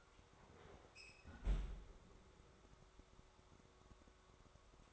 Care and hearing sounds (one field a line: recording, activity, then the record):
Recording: daily activity, microphone in the room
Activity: close fridge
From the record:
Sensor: 3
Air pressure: 1004.6 hPa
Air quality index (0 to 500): 191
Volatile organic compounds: 13 ppm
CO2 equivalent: 2396 ppm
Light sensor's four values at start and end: 5/13/4/4 and 5/13/5/5